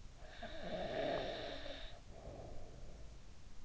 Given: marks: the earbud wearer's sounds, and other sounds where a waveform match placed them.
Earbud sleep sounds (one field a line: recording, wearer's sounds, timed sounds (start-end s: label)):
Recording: sounds in sleep by an in-ear microphone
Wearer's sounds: snoring breath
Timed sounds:
0.09-3.29 s: snoring breath